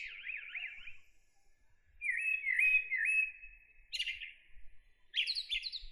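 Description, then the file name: Common blackbird song: two phrases of wavering fluted warbles, the first held for about a second and the second for about a second and a half, then two short bursts of sharp, high squeaky twitter notes. "Turdus merula"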